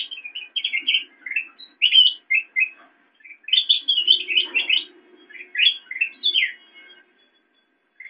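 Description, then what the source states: Sooty-headed bulbul in a dense burst of bubbly, tumbling chirps, with a faint low buzz in the background, ending quietly. Tutor song (masteran) for training songbirds.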